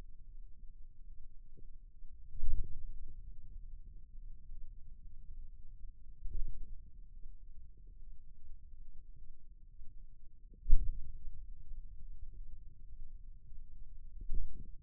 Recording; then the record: forearm muscle sounds (acoustic myography)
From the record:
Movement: ulnar deviation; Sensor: system 2, bracelet of six BSWA MPA416 microphones around the upper forearm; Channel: 1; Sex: male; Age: 22 years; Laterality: right